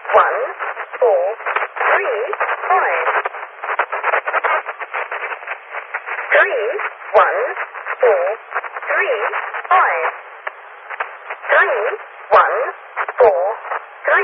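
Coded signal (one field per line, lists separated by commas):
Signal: numbers station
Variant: E03 Lincolnshire Poacher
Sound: steady stream of short spoken words over a narrow-band radio voice channel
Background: radio static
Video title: Zahlensender / Number Station E03 - The Lincolnshire Poacher - 04.01.1998 - 14:02 UTC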